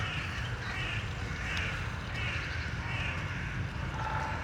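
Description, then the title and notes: Crow or raven giving several harsh, raspy caws over a steady low rumble. Corvids (ravens or crows) in Bois de la Cambre, Brussels, Belgium; recorded with Earsight V2 AB microphones into a Zoom F3. "Bois de la Cambre, Bruxelles, Bruxelles-Capitale, Belgique - corvids, woodpeckers planes and joggers. Corbeaux. corneilles, pic épeiche avions et joggers"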